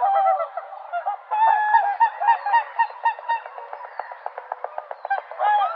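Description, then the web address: Whooper swans calling together: a dense, continuous chorus of overlapping bugling honks, with a run of rapid, clipped notes near the end. "vogelstimmen singschwan"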